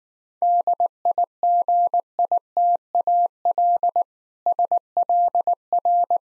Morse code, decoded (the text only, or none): DIGITAL SLR